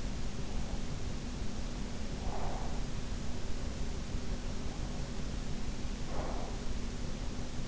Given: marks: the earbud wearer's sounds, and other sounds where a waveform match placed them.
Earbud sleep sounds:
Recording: sounds in sleep by an in-ear microphone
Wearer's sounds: breath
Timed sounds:
2.19-2.99 s: breath
5.59-6.92 s: breath

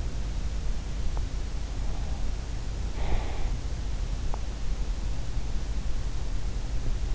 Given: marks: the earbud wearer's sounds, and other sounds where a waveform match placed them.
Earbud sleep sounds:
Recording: sounds in sleep by an in-ear microphone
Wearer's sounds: breath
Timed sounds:
2.91-3.59 s: breath

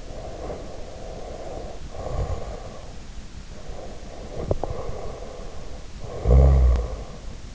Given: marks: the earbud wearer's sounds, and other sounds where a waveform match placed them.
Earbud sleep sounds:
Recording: sounds in sleep by an in-ear microphone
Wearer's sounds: snoring breath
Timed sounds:
0.00-2.99 s: snoring breath
3.57-7.21 s: snoring breath

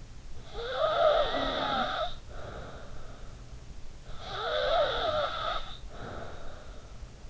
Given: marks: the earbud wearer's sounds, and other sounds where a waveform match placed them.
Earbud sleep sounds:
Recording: sounds in sleep by an in-ear microphone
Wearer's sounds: snoring breath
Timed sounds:
0.10-3.48 s: snoring breath
3.73-7.30 s: snoring breath

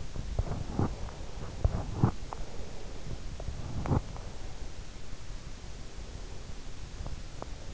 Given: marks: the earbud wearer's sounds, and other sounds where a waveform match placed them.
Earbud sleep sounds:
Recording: sounds in sleep by an in-ear microphone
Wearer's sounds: breath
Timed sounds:
0.60-3.08 s: breath

